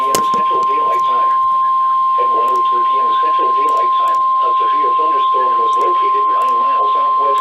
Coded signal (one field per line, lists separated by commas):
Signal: Emergency Alert System (SAME) tones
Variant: 1050 Hz attention tone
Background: speech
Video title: NOAA Radio (EAS # 385-395) Alerts From 6/22/18